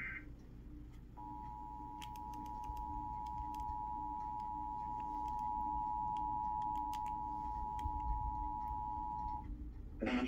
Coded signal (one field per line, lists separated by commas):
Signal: Emergency Alert System (SAME) tones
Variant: 853 and 960 Hz attention tone